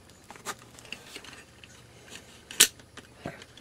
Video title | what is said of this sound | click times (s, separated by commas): RM RICOMAX Metal Detector Review | it locks in place like that and for the rest of the pieces here it kind of follows suit same | 2.6 s